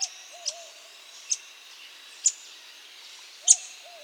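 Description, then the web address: Montane foliage-gleaner giving sharp, high single ticks at uneven intervals, over a faint lower warbling in the background. South America. "Natures Songs S America Montane Foliage-Gleaner"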